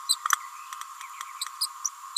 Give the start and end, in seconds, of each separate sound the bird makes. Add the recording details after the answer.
1.61-1.66, 1.84-1.89. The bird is a female. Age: 29 days. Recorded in a nest box in Venezuela. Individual 17B31A3